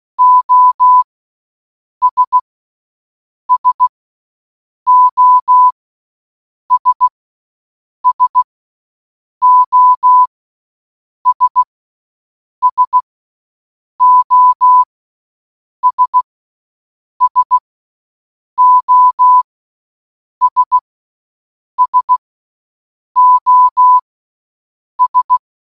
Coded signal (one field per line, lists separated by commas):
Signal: Morse code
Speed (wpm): 16 wpm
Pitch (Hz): 1000 Hz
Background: none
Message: OS SOS SOS SOS SOS SOS